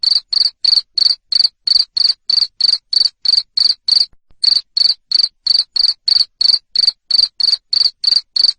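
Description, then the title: Cricket chirps, loud high-pitched pulses in a regular rapid series, one brief break around the middle. Loud cricket chirping used to stimulate lovebirds to sing continuously. "Suara JANGKRIK NGERIK Keras Bikin LOVEBIRD Jadi NGEKEK Terus Vubey"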